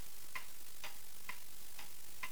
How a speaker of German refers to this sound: Nur das Ticken der Uhr.